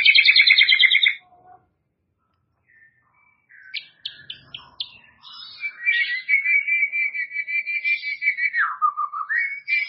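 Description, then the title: White-rumped shama song: a harsh buzzy burst, a pause, scattered sharp notes, then a sustained fluttering whistled trill that drops and rises. "murai batu"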